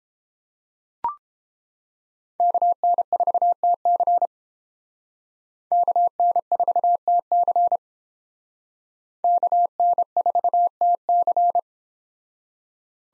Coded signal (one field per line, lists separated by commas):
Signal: Morse code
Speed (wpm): 30 wpm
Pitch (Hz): 700 Hz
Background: none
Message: KN4TC KN4TC KN4TC